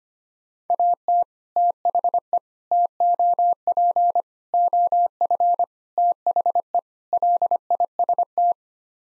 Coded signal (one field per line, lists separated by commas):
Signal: Morse code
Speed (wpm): 25 wpm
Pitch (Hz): 700 Hz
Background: none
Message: AT THE TOP OF THE LIST